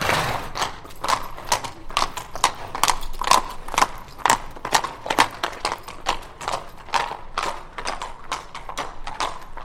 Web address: Hollywood Edge Historical Series War Horses Armies Weapons Two Horses Walk By On Cobbles